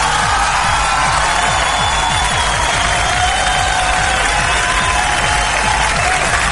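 A large crowd applauding and cheering, a dense, steady roar of clapping with shouts mixed in that stays loud and even for several seconds without letting up.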